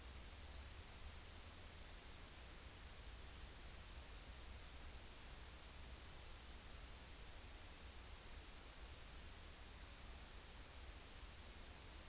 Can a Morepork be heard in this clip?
no